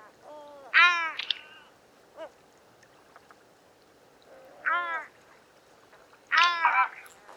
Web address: Goéland leucophée - Goéland leucophée (Larus michahellis) - Divers cris plaintifs d un oiseau immature